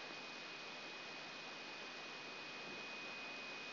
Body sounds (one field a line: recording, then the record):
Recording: brain microelectrode recording played as sound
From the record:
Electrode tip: outside the subthalamic nucleus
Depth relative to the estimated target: -4 mm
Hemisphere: right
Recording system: AlphaMap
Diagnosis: Parkinson's disease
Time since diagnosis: 16 years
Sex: male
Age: 60 years